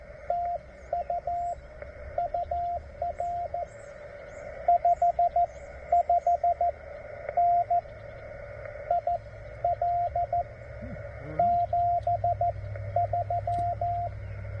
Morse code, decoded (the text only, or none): TU UR 55N IL 73